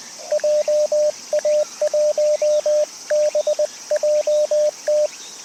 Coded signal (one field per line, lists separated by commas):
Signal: Morse code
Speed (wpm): 20 wpm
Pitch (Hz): 600 Hz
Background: radio noise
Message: JA1BJT